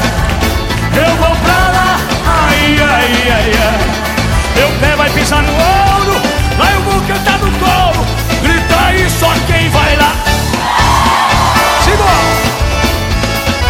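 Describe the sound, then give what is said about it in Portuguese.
Loud live music plays throughout, and near the end a burst of crowd shouting and cheering rises over the band for a couple of seconds. “Grita aí só quem vai lá.”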